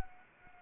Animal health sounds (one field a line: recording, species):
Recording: mosquito wingbeat signal from an infrared sensor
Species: Anopheles arabiensis